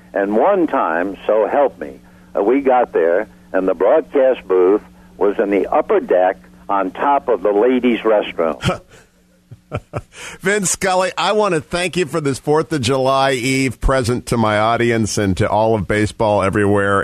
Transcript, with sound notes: And one time, so help me, we got there and the broadcast booth was in the upper deck on top of the ladies’ restroom.
(laughing) Vin Scully, I want to thank you for this 4th of July eve present to my audience, and to all of baseball everywhere.